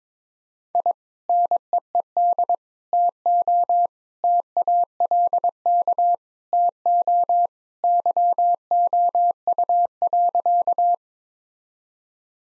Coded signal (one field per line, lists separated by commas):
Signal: Morse code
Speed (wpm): 22 wpm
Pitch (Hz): 700 Hz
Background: none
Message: I NEED TO TALK TO YOU.